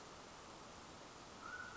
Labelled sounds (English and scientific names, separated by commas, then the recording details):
Mountain Quail (Oreortyx pictus)
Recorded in Sonoma County, California